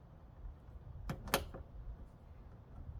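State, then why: Seated. A plastic smoked side marker lamp is pressed into the fender opening of a 2006 BMW E90 330i 6-speed manual, with its tab resting against the fender corner. Two sharp plastic snaps are heard at 1.1 s and 1.3 s over a quiet background, with a fainter tick just after. The lamp pops in and is seated in the fender.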